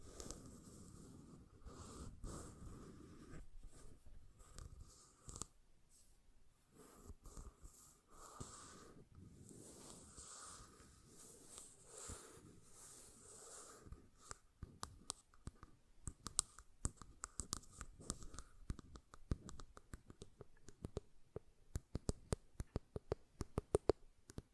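Light taps and clicks on a glass perfume bottle, slow and scattered at first, then quick sharp bursts of tapping through the second half.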